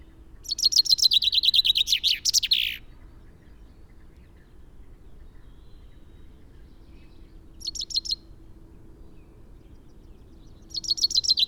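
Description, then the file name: Common chaffinch song: a full descending trill with terminal flourish, followed by quiet, then the start of further phrases around eight and eleven seconds. "Fringilla coelebs"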